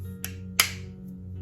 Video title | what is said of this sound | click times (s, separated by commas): VIVITAR Wireless Duel LED Light, Selfie Stick Tripod - Art Studio Upgrade - Review | heard it okay so so they snap together but they also take | 0.2 s, 0.6 s